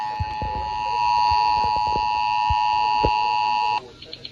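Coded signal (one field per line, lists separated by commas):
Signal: Emergency Alert System (SAME) tones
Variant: 853 and 960 Hz attention tone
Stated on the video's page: Severe thunderstorm warning relayed on FM station KSCS-FM.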